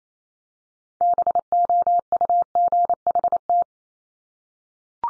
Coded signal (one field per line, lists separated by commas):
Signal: Morse code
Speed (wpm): 28 wpm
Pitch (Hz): 700 Hz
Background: none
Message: BOUGHT